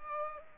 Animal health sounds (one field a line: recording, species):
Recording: mosquito wingbeat signal from an infrared sensor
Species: Culex pipiens